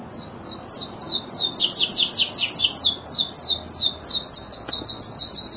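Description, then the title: Bird singing continuously in quick, high, chattering trills of rising and falling notes, delivered in rapid pulses throughout. Masteran (training recording for cage birds). "LuckyBurung MasteranBest"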